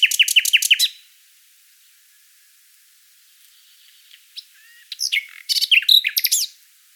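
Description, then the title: Common nightingale song: a burst of rapid repeated notes, a silent pause with faint quiet notes, then a loud, complex jumble of trills and sharp chirps. "Sylvain Jaskowiak - Mes piafs. Rossignol Philomèle"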